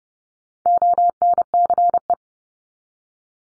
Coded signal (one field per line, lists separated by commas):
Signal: Morse code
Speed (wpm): 30 wpm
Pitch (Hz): 700 Hz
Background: none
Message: ONCE